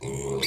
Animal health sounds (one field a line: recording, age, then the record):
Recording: pig call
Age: weaner (32 to 43 days)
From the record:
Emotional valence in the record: negative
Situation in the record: novel object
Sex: female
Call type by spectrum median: low-frequency call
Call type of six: mixed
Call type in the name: high-frequency modulated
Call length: 0.48 s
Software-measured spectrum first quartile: 341 Hz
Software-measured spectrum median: 1628 Hz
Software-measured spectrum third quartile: 4142 Hz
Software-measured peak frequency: 407 Hz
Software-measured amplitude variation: 105 dB a second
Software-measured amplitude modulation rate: 26.2 a second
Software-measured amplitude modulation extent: 4.0 dB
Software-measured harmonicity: 7.7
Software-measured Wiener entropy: -3.68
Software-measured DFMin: 909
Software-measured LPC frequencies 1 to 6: 428, 2217, 3631, 4062, 4653, 5657 Hz